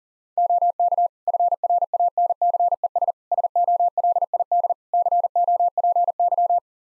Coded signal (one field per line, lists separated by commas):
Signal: Morse code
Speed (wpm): 40 wpm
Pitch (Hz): 700 Hz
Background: none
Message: OK FRANCES SOLID COPY